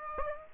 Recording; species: mosquito wingbeat signal from an infrared sensor; Aedes aegypti